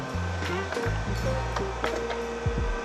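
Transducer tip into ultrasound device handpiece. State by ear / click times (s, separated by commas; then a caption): not seated / none. A disposable transducer tip is being fitted onto the handpiece of a focused-ultrasound lifting device, with music playing throughout. A few short handling knocks and taps sound over the music. Nothing has seated or clicked yet.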